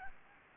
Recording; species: mosquito wingbeat signal from an infrared sensor; Anopheles gambiae